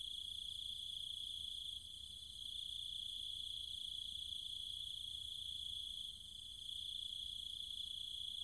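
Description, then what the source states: Cicadas and insects keep up a steady high-pitched drone that swells and eases slightly twice, over faint low rumble. Cicadas and other insects, at night, in trees and fields in the countryside of Chiang Mai, Thailand.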